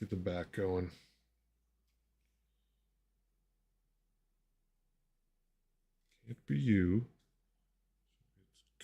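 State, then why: Partly seated. A plastic model kit part is fitted into the back assembly while someone talks, with long quiet stretches between. One sharp click comes at 8.8 s as the piece goes in, but it only partly seats, sort of clicking in.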